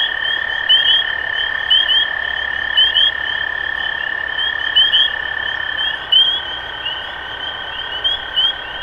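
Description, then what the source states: Many spring peepers calling, short climbing peeps in rapid overlapping series, with a steady hum beneath. Recorded 23 March 2012.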